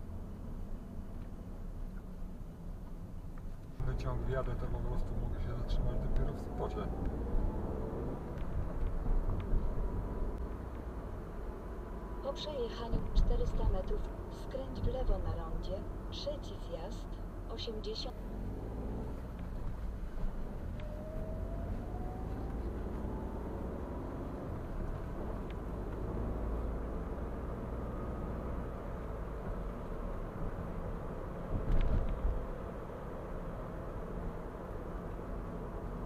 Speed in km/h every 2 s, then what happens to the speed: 22, 15, 22, 34, 37, 40, 39, 36, 0, 20, 23, 37, 43, 50, 50, 50, 50, 46.
2-11 speeds up to 40. 11-17 brakes to 0. 17-26 pulls away to 50. 26-36 steady at about 50.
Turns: none.